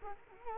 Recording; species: mosquito wingbeat signal from an infrared sensor; Culex quinquefasciatus